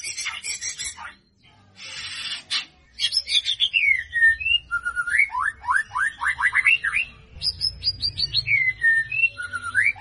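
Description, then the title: White-rumped shama song: swooping whistles followed by a rapid string of rising upslurred notes and a high descending series, over a low rumble. Lure used to make the bird respond; bird described as gacor (energetic, frequent singer). "PANCINGAN MURAI BATU GACOR"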